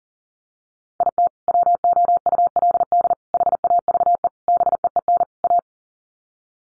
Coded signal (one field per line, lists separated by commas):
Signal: Morse code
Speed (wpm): 40 wpm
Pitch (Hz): 700 Hz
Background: none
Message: IT WOULD HAVE BEEN A